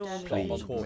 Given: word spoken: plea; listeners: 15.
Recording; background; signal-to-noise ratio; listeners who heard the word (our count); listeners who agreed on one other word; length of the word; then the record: one English word in noise, from a listening test; four-talker babble; -2.4 dB; 1 of 15; 8 of 15; 0.46 s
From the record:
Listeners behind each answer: 8, 4, 1, 1, 1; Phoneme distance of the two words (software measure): 7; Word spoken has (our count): 1 syllable, 3 phonemes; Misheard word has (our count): 1 syllable, 4 phonemes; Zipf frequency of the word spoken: 3.63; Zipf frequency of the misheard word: 3.48